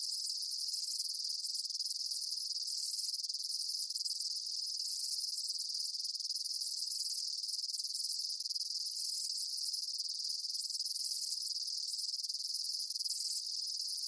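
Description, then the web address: Insect chirps fill the recording as a continuous high shimmer, with short lower bursts recurring throughout. Daytime insect ambience, bugs chirping outdoors. "Blastwave INSECTS Amb Day Insects. ambience insects chirps day bugs"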